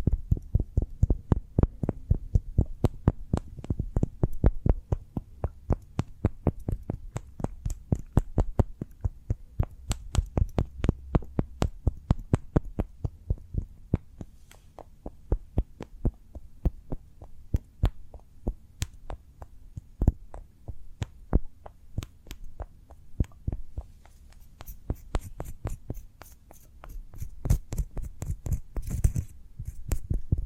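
Cork being tapped and handled in a steady stream of sharp, crisp taps, fast and fairly regular, with a soft low thump under each one. The tapping thins slightly in the middle, then turns brighter and busier near the end.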